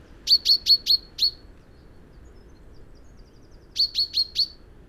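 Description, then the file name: Common chaffinch giving a rapid run of five sharp, high notes, then a pause, then four more in the same quick, even rhythm. "Fringilla coelebs"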